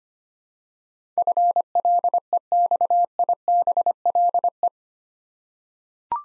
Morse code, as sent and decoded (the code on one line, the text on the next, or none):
..-. .-.. . -..- .. -... .-.. .
FLEXIBLE